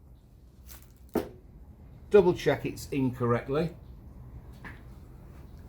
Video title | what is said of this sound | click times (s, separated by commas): Fitting the waterpump & gearbox - Part 1 Rebuilding a Suzuki GT750 Engine - An Idiots Guide | you'll hear it snap into place | 1.2 s